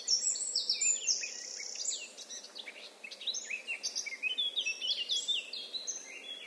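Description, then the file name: Eurasian blackcap song, dense bursts of high squeaky and fluted notes in two busy runs separated by a short dip in loudness. "Sylvia atricapilla"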